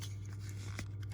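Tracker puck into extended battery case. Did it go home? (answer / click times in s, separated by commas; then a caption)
no / none. An Apple AirTag tracker puck is pressed into a plastic Elevation Lab TimeCapsule 10-year AA-battery case (IP69), with faint scratchy ticks and a brief louder tap around 0.8 s over a steady low hum. The tracker does not latch and just sits loose in the case; nothing has seated or clicked yet.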